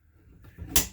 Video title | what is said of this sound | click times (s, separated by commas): 2020 Catalina 263RLS | lock it back into place for travel make sure it's locked into place | 0.8 s